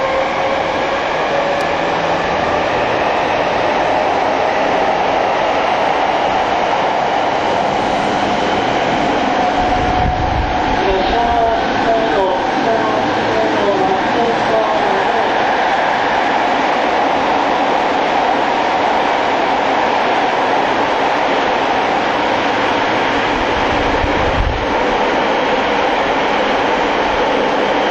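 A Saikyō Line rapid train, TWR 70-000 series, runs with a steady, dense rumble and rolling hiss throughout. Around ten to fifteen seconds a high whine rises and sweeps, with a thump near ten seconds and another deep knock around twenty-four seconds.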